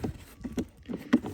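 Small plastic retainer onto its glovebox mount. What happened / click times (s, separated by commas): The plastic retainer clipped back onto its mount / 1.1 s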